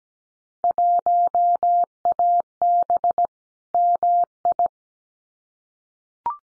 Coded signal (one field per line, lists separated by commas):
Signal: Morse code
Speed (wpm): 17 wpm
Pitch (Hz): 700 Hz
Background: none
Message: 1AB MI